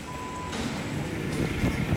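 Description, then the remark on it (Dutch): A city bus to Feyenoord pulls up at a stop with a low, steady engine rumble and hiss. A thin, continuous electronic beep sounds for the first half second, and no one speaks. “Daar is hij hoor. De bus naar Feyenoord.”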